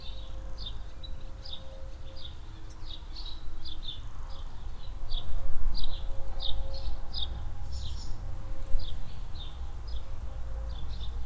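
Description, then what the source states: Swallows twittering in quick, busy chirps about four per second, with a faint steady hum and low rumbling background. Swallows flying under a shed roof in a barn yard at the village centre of Hoscheid, early afternoon in spring, mellow wind.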